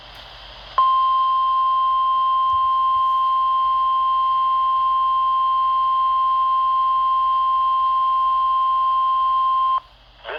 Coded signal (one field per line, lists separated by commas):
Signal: Emergency Alert System (SAME) tones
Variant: 1050 Hz attention tone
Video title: Required Weekly Test (3/2/22)(EAS #843)